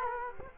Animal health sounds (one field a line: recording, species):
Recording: mosquito wingbeat signal from an infrared sensor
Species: Culex quinquefasciatus